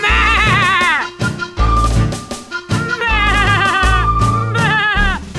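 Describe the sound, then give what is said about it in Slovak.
A goat bleats in pain as it flees a fox's den, in loud, quavering cries, one burst at the start and a longer one midway, with shorter bleats between them and a thumping low beat underneath. “Milá koza od bolesti zamečala a vyletela z líščieho brloha, ako by jej za petami horelo.”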